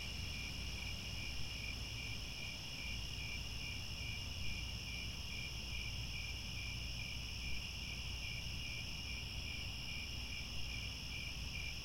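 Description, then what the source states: Crickets chirping together, a continuous high trill with softly pulsed beats and a second higher voice, low rumble underneath. Chorus of crickets chirping at twilight as the sun sets and stars appear.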